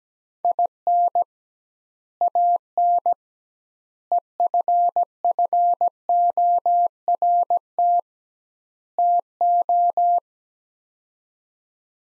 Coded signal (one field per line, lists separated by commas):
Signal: Morse code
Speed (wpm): 17 wpm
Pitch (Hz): 700 Hz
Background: none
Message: IN AN EFFORT TO